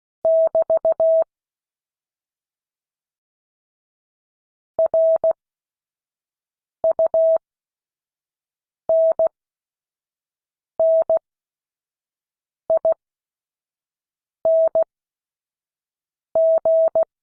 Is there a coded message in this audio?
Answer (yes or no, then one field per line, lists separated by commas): yes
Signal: Morse code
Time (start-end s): 0.2-17.0 s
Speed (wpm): 16 wpm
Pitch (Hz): 650 Hz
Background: none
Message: <BT> RUNNING